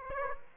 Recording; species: mosquito wingbeat signal from an infrared sensor; Aedes aegypti